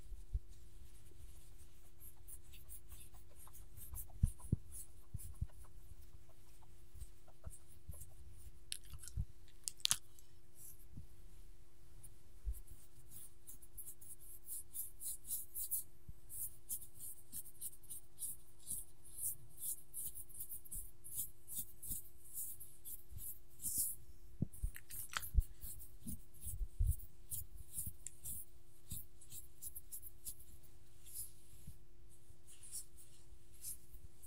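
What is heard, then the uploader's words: Petting a dog: dense, irregular scratching and rustling with small licking and chewing clicks, sharper bursts near 4, 10, and 25 seconds, over a steady low hum. ASMR Petting My Dog - Scratching, Licking, and Eating Sounds.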